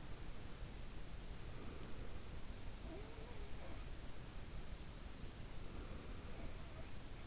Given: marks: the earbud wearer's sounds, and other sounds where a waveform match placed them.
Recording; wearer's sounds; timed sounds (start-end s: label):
sounds in sleep by an in-ear microphone; breath
1.35-2.39 s: breath
2.83-3.88 s: sound from someone else or the room
5.70-6.74 s: sound from someone else or the room